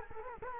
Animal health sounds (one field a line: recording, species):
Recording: mosquito wingbeat signal from an infrared sensor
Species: Culex quinquefasciatus